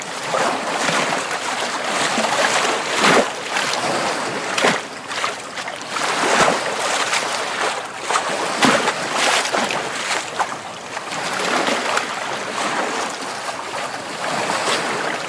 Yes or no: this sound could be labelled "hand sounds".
no